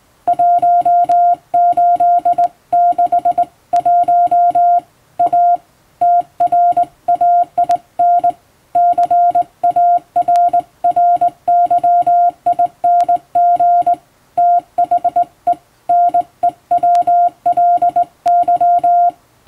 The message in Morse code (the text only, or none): 1861 A TRAIN CARRYING THE NEWLY